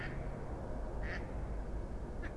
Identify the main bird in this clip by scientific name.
Anas platyrhynchos